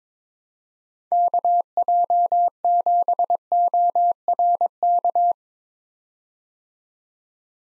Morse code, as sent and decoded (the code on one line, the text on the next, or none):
-.- .--- --... --- .-. -.-
KJ7ORK